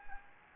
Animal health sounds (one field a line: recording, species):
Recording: mosquito wingbeat signal from an infrared sensor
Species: Anopheles gambiae